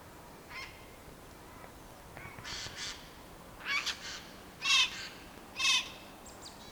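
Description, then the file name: Eurasian jay calling with a series of harsh, tearing screeches that grow louder, spaced roughly a second apart. "Garrulus glandarius"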